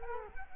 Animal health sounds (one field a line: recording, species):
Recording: mosquito wingbeat signal from an infrared sensor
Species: Culex quinquefasciatus